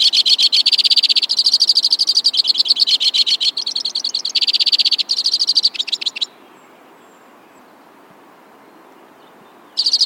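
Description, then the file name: White-winged crossbill delivering about six seconds of rapid, varied trills at shifting pitches, then silence, with a new trill starting at the end. "suara kicauan burung white-winged crossbill. omkicau"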